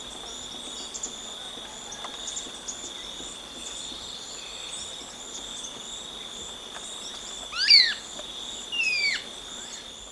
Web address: Natures Songs S America Birds of Ecuador Marañon Spinetail